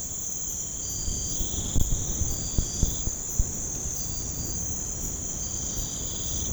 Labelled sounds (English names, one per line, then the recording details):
none
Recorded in pastures near Puerto Asís, Putumayo, Colombia, on 21 March 2025 at 03:30
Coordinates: 0.505, -76.324
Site GP08